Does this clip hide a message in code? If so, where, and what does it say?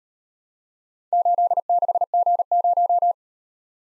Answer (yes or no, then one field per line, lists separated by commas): yes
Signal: Morse code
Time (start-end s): 1.1-3.1 s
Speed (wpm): 36 wpm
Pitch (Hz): 700 Hz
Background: none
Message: 86G0